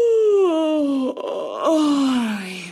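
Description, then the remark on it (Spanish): A loud, drawn-out vocal yawn that slides steadily downward in pitch, breaks off with a brief catch midway, then trails into a second falling, groaning exhale, with no talking. “Otra genialidad que se le ha ocurrido al cuerpo es bostezar.”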